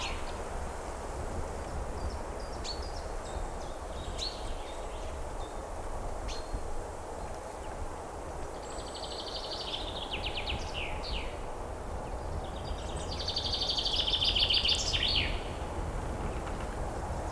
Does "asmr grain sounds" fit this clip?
no